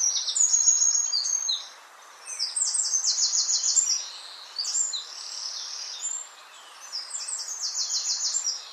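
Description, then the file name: Eurasian wren song of shrill, rapid note strings and dry trills, delivered in four energetic bursts with short quiet pauses over low background noise. "Troglodytes troglodytes"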